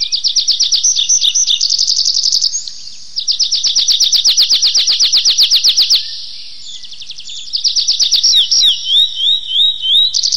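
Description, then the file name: Tree pipit delivering long runs of rapid, even trilled notes, then a series of slurred descending whistles near the end, with brief pauses around 3 and 6 seconds. "lesnoj konek anthus trivialis"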